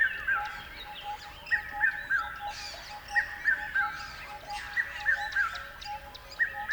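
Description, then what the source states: Bird repeating brief, bright two- to three-note phrases about every one and a half seconds, with a steady droning tone and clicking ticks beneath. Recorded beside a river at dawn.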